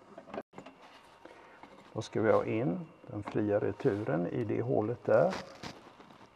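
A free-return hydraulic hose fitting is handled at the return port of an MF 135 tractor, with a few faint ticks in the first two seconds before someone talks. Nothing has seated or clicked yet; the fitting is not yet pushed home into the port.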